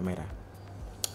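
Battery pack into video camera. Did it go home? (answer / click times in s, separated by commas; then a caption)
yes / 1.0 s. Someone talks briefly at the start as a video camera battery pack, lined up with its slot, is pressed down into the camera body. A single sharp, short click sounds at 1.0 s as the battery seats and locks in place.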